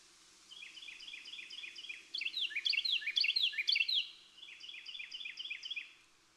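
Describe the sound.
Birdsong: soft, rapid chirp series lead into a louder, tumbling burst of sweeping notes, then return to quieter chirping against a hissy background.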